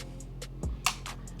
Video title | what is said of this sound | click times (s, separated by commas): Dual Scorpions in real life! Akimbo! | fold snap it into your front sight locks it in place pretty simple | 0.9 s